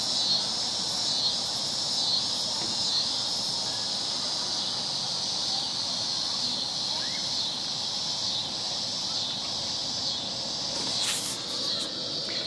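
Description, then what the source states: Cicadas droning in a continuous high buzzy chorus with slight pulsing, over a steady wash of road traffic. Cicadas near the end of summer, about 6:22 pm, amid rush hour traffic in Chicago's Portage Park neighborhood; described as a mating call.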